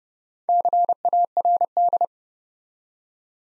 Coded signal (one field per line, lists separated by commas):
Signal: Morse code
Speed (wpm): 30 wpm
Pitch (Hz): 700 Hz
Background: none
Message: CARD